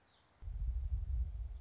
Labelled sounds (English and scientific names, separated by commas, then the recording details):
Black-throated Gray Warbler (Setophaga nigrescens)
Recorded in Sonoma County, California